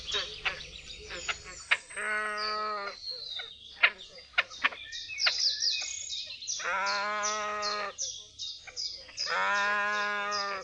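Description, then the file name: Great crested grebe giving three drawn-out, nasal calls with many overtones, with short sharp clicks in between. "perkozdwuczuby"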